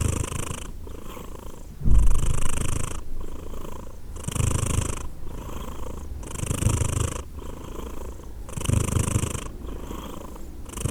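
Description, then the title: Domestic cat purring continuously, low vibrating drone pulsing with alternating in and out breaths about every one to two seconds. Cat named Edith purring; Glasgow, Scotland; December 2023. "Edith purring, Glasgow, Scotland in December 2023 – by Steve Urquhart"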